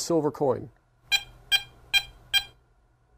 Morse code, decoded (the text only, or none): none